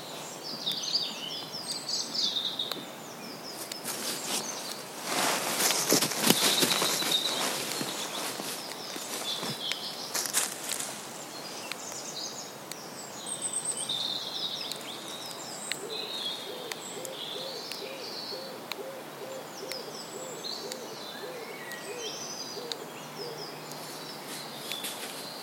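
A woodland soundscape with birdsong scattered high throughout, chirps and trills coming in short bursts. Sharp crackling snaps cluster around five to ten seconds, like twigs breaking. From about sixteen seconds a low, regular hooting pulse repeats steadily under the birds.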